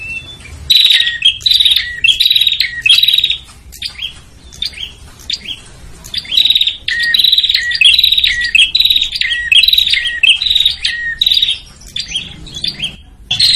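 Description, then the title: Prinia giving harsh, insistent chattering calls in long runs of buzzy bursts, briefly pausing and then resuming just as fast. Noisy prinia calls used as a lure to attract red-headed prinias and visiting prinias. "Suara Prenjak Ribut Buat Pikat Burung Prenjak Kepala Merah Prenjak Tamu"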